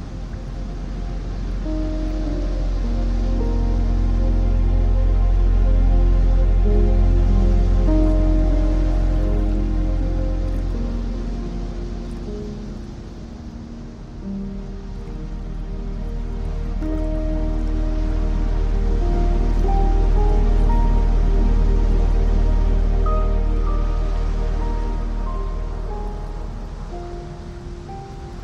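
Calm piano music plays slow, sustained notes over a steady wash of ocean waves that swells, dips near the middle, and swells again.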